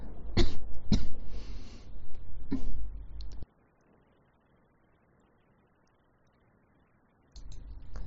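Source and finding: Adult woman. Cough.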